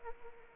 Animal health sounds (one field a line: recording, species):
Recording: mosquito wingbeat signal from an infrared sensor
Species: Anopheles arabiensis